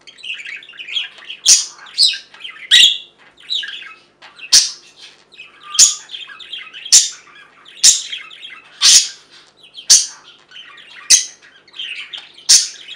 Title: Budgie Sounds